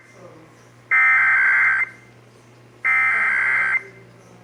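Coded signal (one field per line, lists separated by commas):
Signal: Emergency Alert System (SAME) tones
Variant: header bursts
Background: speech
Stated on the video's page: Texas Required Monthly Test as relayed over radio and TV broadcast stations.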